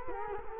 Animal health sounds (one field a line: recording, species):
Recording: mosquito wingbeat signal from an infrared sensor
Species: Culex quinquefasciatus